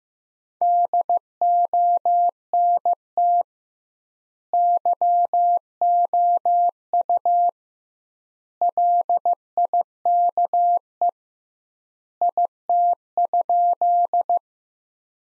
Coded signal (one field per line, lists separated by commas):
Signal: Morse code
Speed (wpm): 15 wpm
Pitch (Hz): 700 Hz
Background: none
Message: DONT YOU LIKE IT?